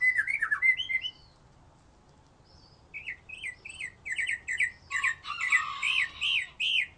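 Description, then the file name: White-rumped shama song: quick, varied whistled phrases, a brief pause, then a rapid run of rising and falling notes with harsher buzzy bursts. "murai batu"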